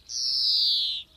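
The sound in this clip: European greenfinch giving a single long nasal wheeze, buzzy and sliding slightly downward for about a second.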